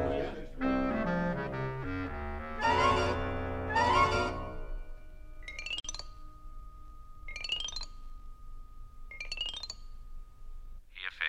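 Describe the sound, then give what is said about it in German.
Glasses clink together in a toast among gentlemen: two bright, ringing chinks over a bed of sustained tones, followed by three more evenly spaced high, shimmering pings that ring out and fade. “Gut, meine Herren, wollen wir darauf anstoßen.”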